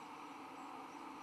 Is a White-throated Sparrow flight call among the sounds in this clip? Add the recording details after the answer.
no. No flight call is heard. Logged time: 21:58 on 15 December 2014